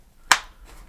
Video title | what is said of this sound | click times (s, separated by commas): Apexinno Facial Interface for Meta Quest 3s - Unboxing, Assembly, Review | You could hear it click. | 0.3 s